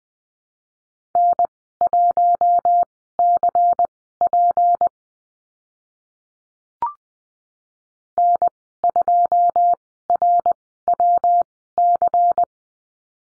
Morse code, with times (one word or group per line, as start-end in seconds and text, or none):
1.2-4.9 N1CP
8.2-12.4 N2RWC